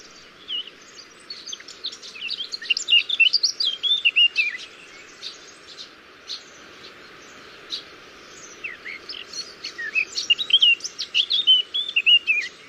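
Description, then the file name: Eurasian blackcap song: varied warbling phrases of quick high notes, one burst early and another after a pause, over a steady low background hiss. "Sylvia atricapilla"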